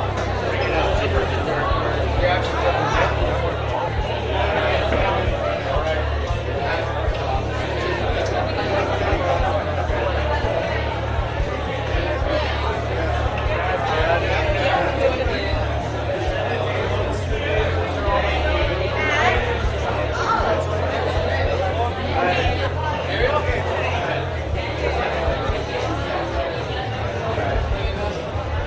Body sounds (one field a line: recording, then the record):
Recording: background sound without coughing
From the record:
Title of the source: CITY SOUNDS Busy Bar in the Evening Night - 2 HOURS of Ambiance for Relaxation